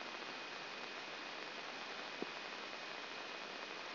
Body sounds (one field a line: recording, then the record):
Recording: brain microelectrode recording played as sound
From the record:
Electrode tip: outside the subthalamic nucleus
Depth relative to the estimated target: -3 mm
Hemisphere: right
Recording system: AlphaMap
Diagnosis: Parkinson's disease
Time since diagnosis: 12 years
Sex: female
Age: 47 years